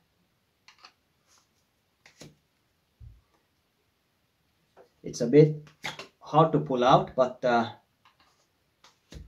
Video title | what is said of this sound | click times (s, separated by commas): Curly Birch & Reindeer Antler Knife Sheath | it has a nice click | 0.7 s, 2.1 s